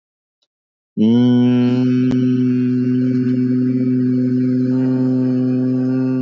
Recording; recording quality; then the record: sustained vowel as in beet; poor, much background noise or distortion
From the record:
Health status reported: recovered from COVID-19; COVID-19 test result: positive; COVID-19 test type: RT-PCR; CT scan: not taken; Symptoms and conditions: cough, cold, sore throat, fever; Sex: male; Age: 41 years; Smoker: no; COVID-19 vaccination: both doses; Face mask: not worn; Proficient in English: no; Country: India